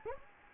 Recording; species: mosquito wingbeat signal from an infrared sensor; Anopheles gambiae